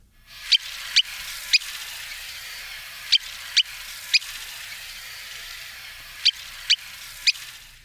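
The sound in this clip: Sanderling giving short, sharp high clicking calls in groups of three with pauses between groups, over a faint steady hiss.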